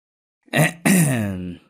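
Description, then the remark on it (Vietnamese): A man clears his throat after straightening the turban on his head, in two parts, a short rough burst and then a longer, voiced, low "ahem" that trails off, fairly loud with no other sounds around it. “Ông làm bộ nghiêm trang chỉnh lại cái khăn xếp trên đầu cho ngay ngắn rồi đằng hắng.”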